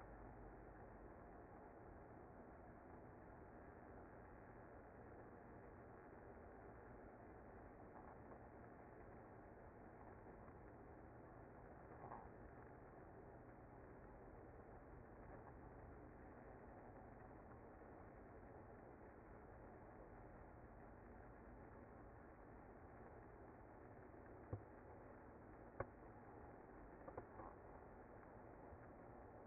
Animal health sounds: honeybee colony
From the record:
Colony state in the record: active

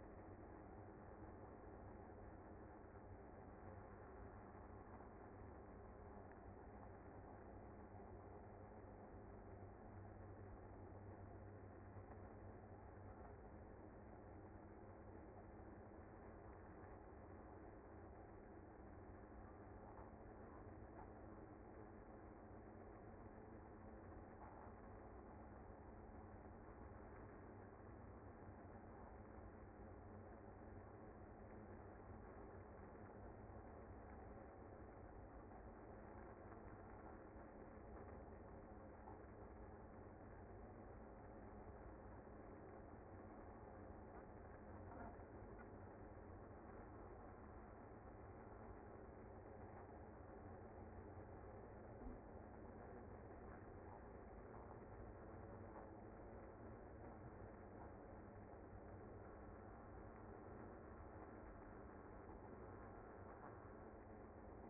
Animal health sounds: honeybee colony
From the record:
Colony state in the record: active

